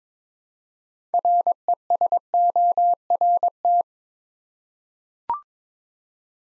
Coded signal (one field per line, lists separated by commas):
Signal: Morse code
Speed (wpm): 21 wpm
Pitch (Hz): 700 Hz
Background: none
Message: RESORT